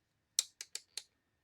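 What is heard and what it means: A drill bit is tightened by hand in a keyless drill chuck until the chuck's ratchet clicks. Four sharp clicks are heard at 0.4, 0.6, 0.8 and 1.0 seconds, with the first loudest. The clicks show the bit is properly seated and tight in the chuck.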